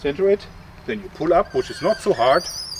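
A crossbow bowstring is pulled up with two plastic cocking hooks toward the trigger latch while someone talks. The string has not yet locked into the latch, and nothing has seated or clicked in this clip.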